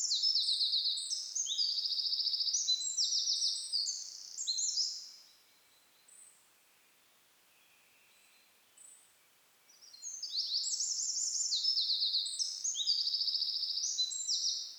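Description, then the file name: Eurasian wren giving two energetic bursts of high, rapid trilled song separated by a quiet gap with a few faint notes. "Troglodytes troglodytes"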